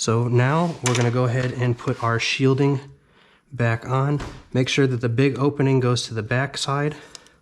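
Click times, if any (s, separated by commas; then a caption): none. Someone talks while handling the plastic shielding (terminal position cover) for a fuel-system wiring harness connector during a flex fuel kit install on a 2016-2021 Camaro SS, getting ready to push it back on after the pin work with the big opening toward the back side. The speech runs almost continuously with a short pause near 3 seconds, and a faint brief tick comes at the very end. Nothing has seated or clicked yet.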